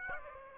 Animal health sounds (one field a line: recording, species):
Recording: mosquito wingbeat signal from an infrared sensor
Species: Aedes aegypti